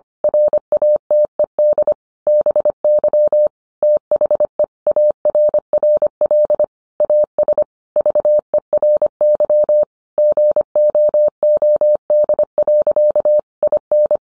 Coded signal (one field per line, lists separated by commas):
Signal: Morse code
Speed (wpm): 25 wpm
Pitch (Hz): 600 Hz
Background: none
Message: RATED BY THE ARRL AS VERY GOOD. IN